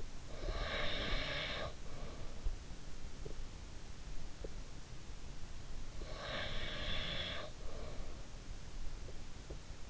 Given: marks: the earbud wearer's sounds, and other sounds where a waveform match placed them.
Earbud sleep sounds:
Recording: sounds in sleep by an in-ear microphone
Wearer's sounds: breath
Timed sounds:
0.00-2.58 s: breath
2.84-4.59 s: sound from someone else or the room
6.01-8.31 s: breath

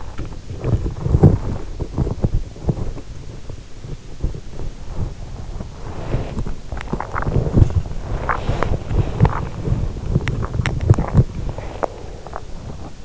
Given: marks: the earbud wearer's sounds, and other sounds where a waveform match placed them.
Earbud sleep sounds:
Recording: sounds in sleep by an in-ear microphone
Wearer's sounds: body movement, teeth grinding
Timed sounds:
0.00-13.05 s: body movement
6.40-7.44 s: teeth grinding
8.16-9.30 s: teeth grinding
9.83-10.99 s: teeth grinding

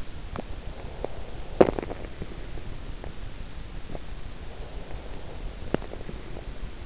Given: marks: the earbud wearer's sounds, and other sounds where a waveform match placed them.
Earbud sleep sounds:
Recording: sounds in sleep by an in-ear microphone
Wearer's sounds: breath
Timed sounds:
1.78-2.93 s: breath
4.58-6.68 s: breath

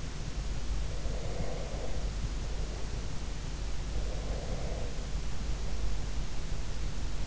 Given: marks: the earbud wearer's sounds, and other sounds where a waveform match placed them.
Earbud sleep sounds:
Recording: sounds in sleep by an in-ear microphone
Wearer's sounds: breath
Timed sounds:
0.97-2.99 s: breath
3.96-6.30 s: breath

